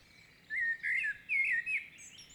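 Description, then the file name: Common blackbird song, several smooth, mellow whistled notes sliding up and down, then faint high squeaks. "Turdus merula"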